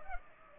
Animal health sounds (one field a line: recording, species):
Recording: mosquito wingbeat signal from an infrared sensor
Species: Culex pipiens